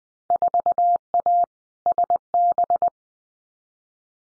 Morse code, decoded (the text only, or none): 4A SB